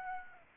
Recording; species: mosquito wingbeat signal from an infrared sensor; Aedes aegypti